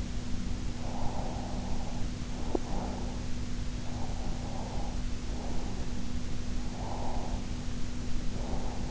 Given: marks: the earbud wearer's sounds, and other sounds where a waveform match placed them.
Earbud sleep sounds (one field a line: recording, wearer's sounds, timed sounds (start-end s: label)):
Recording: sounds in sleep by an in-ear microphone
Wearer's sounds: breath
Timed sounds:
0.78-3.15 s: breath
3.78-5.85 s: breath
6.71-8.91 s: breath